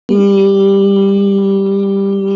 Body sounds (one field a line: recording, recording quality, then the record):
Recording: sustained vowel as in beet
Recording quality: excellent, no background noise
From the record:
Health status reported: COVID-19 positive, mild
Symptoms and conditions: sore throat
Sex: male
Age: 28 years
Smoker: not ticked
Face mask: not worn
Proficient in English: yes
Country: India